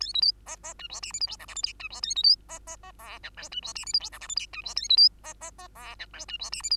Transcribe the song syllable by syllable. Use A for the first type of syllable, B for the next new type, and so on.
A B C D D E F G H I J K L M N E F A B C D D D O P Q E F G H I J K L M N E F A B C D D D O P Q E F G H I